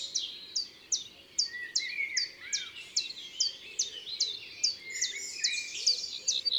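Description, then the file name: Common chiffchaff song, repeated high falling notes at an even pace, joined near the end by busier overlapping bird calls, over a low background hum. Recorded in the Drôme, France, for the album Concerts naturels de la Drôme by Studio les Trois Becs. "Pouillot veloce Concerts Naturels de la Drome Studio les Trois Becs"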